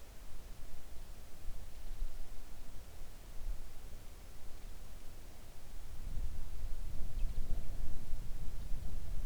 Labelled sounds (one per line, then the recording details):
songbird
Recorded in the Arctic National Wildlife Refuge, Alaska, on 3 August 2019 at 05:31
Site 41